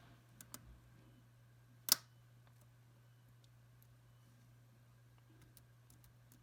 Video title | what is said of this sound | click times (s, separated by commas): Lenovo N22 Version A keyboard key and hinge clip detail installation guide | the key cap over the hinge and once a line push down and you should hear it click into place in this | 1.9 s